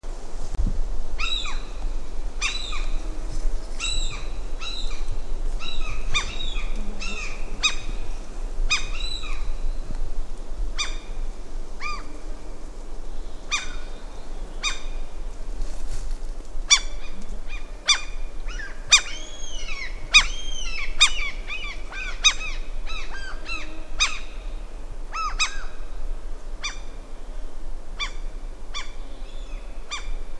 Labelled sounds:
Common Gull (Larus canus) call

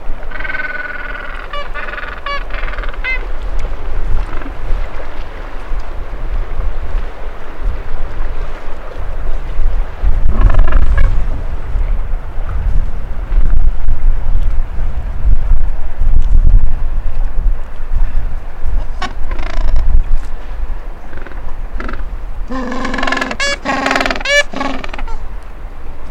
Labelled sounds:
Gentoo Penguin (Pygoscelis papua) call

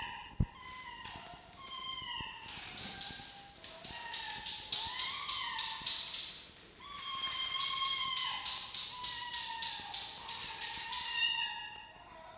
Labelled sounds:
Red Fox (Vulpes vulpes)

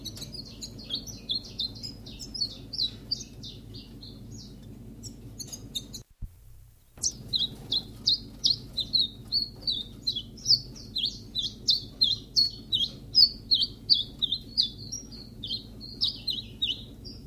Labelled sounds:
Common Chiffchaff (Phylloscopus collybita)

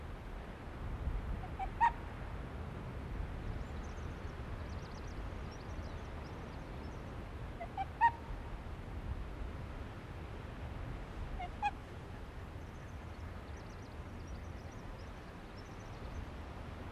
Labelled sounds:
Arctic Fox (Vulpes lagopus) barking

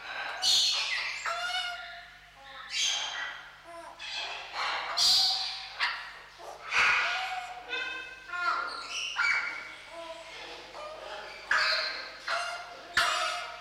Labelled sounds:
Eclectus Parrot (Eclectus roratus) call

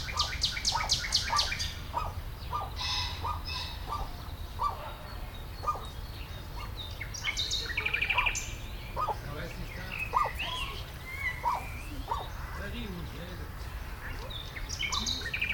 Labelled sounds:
Common Nightingale (Luscinia megarhynchos)

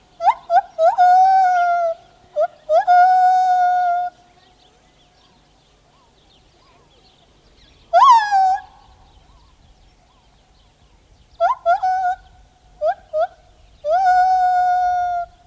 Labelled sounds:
Lar Gibbon (Hylobates lar) song

